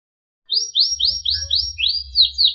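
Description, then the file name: Canary song of repeated rising whistled sweeps in quick succession, shifting into lower wavering notes, over a faint low hum. Sekar Jagad variety canary. "kenari sekar jagad"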